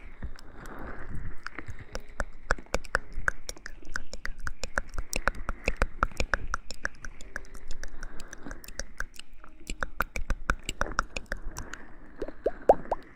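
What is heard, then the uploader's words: Moist kissing and ear-picking sounds fill the recording, a dense stream of sharp wet clicks and smacks, several per second, with no long pauses. A soft, muffled rustle rises and falls underneath, and brighter squishy pops come through near the end. ASMR kisses in the ear, comfortably picks out the ears.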